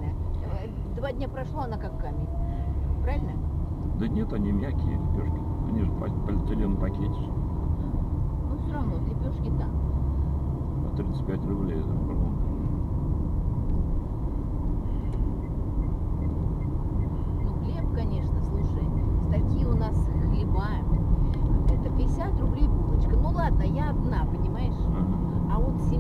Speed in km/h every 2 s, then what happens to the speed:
22, 26, 32, 35, 37, 40, 40, 42, 44, 46, 47, 49, 49.
0-26 speeds up to 49.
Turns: none.